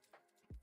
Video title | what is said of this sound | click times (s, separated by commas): Upgrading my Prusa Core One to a Core One + - Live | after they've been out. Oh, just fine. They just click right in there. | 0.1 s